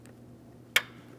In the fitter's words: There we are. We have an audible click.